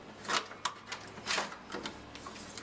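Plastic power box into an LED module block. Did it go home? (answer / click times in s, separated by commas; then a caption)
no / none. After the wires are routed through, a plastic power box is handled and pressed toward the next module block of an LED assembly. Soft broadband rustling and scraping swell around 0.3 s and 1.3 s, with brief sharp ticks at about 0.7, 1.9 and 2.6 s. Nothing has seated or clicked yet.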